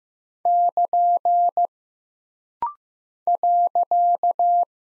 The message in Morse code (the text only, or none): <KN> .